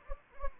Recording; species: mosquito wingbeat signal from an infrared sensor; Anopheles gambiae